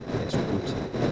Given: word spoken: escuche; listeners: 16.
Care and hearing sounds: one Spanish word in noise, from a listening test; noise modulated by three-talker babble; -7.1 dB; 1 of 16; 9 of 16; 0.72 s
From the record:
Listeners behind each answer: 9, 3, 1, 1, 1, 1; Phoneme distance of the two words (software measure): 10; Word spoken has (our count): 3 syllables, 6 phonemes, stress on syllable 2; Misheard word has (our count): 3 syllables, 6 phonemes, stress on syllable 2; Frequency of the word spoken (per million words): 3.71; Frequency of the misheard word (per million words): 25.95

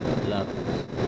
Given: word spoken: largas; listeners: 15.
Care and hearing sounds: one Spanish word in noise, from a listening test; noise modulated by three-talker babble; -3.2 dB; 0 of 15; 6 of 15; 0.68 s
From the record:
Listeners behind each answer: 6, 3, 2, 1, 1, 1, 1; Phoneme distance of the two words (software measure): 34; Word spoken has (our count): 2 syllables, 6 phonemes, stress on syllable 1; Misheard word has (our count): 2 syllables, 6 phonemes, stress on syllable 1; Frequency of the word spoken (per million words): 32.28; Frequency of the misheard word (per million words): 24.12

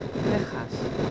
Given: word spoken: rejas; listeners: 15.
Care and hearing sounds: one Spanish word in noise, from a listening test; noise modulated by three-talker babble; -3.7 dB; 0 of 15; 8 of 15; 0.71 s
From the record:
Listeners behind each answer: 8, 4, 3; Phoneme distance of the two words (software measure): 10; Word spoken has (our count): 2 syllables, 5 phonemes, stress on syllable 1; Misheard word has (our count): 2 syllables, 5 phonemes, stress on syllable 1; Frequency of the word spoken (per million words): 6.38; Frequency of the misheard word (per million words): 3.53

